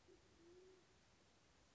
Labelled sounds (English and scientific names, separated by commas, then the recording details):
Band-tailed Pigeon (Patagioenas fasciata)
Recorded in Sonoma County, California